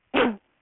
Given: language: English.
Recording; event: throat vibration sensor signal played as sound; cough